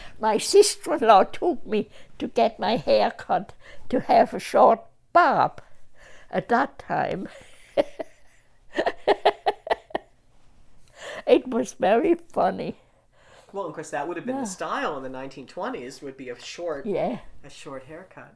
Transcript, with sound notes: My sister-in-law took me to give my hair cut to have a short bob at that time. [Laughs] It was very funny.
Well, of course that would have been the style in the 1920's, would be a short...
Yeah.
...a short haircut.